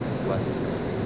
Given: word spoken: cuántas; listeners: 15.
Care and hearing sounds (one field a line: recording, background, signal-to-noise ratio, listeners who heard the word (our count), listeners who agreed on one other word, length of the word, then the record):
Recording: one Spanish word in noise, from a listening test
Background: speech-shaped noise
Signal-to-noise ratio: -6.5 dB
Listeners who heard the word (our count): 0 of 15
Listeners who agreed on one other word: 8 of 15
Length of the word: 0.66 s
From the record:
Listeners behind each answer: 8, 2, 2, 1, 1, 1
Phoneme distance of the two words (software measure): 31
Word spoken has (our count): 2 syllables, 7 phonemes, stress on syllable 1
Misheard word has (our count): 2 syllables, 6 phonemes, stress on syllable 1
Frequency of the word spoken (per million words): 16.64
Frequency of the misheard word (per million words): 370.80